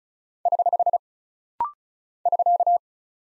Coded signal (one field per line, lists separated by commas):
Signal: Morse code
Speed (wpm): 36 wpm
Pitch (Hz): 700 Hz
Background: none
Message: <HH> <SK>